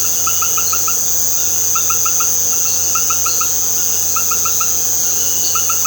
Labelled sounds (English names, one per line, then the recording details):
none
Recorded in pastures near Puerto Asís, Putumayo, Colombia, on 12 March 2025 at 19:00
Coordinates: 0.466, -76.322
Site CSA-02